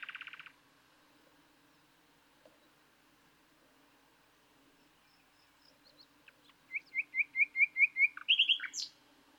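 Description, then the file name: Common nightingale song: a short burst, quiet scattered notes, then a loud series of repeated chirps and a few sharp high notes at the end. "Luscinia megarhynchos"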